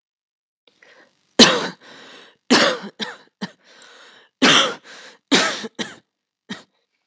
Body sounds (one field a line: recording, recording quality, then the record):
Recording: heavy voluntary cough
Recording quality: excellent, no background noise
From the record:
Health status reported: healthy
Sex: male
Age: 28 years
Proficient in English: yes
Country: India